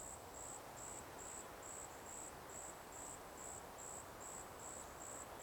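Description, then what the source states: Cicada song, a shrill pulsed buzz with bursts coming a little over twice per second, backed by constant deep rushing noise. Cicadas in a forest by day.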